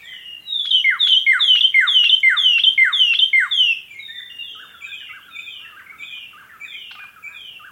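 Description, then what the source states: White-browed robin-chat delivering a fast, regular series of loud downslurred whistles, about eight in a row, then a softer continuing run of notes. Okavango Panhandle, 14 August 2015, 6:36 AM; ever-changing song that seems to come from everywhere at once; mic placed outside the tent; Sound Devices 702 recorder with Sennheiser 418 stereo microphone.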